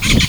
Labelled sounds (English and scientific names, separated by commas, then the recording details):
Brown-throated Parakeet (Eupsittula pertinax) contact call
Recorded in Venezuela
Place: Guárico; Corozopando; Fundo La Fe
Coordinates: 8.506, -67.593